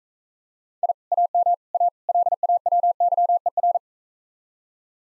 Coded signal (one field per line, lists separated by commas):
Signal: Morse code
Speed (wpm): 42 wpm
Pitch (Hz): 700 Hz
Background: none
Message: I AM A LAWYER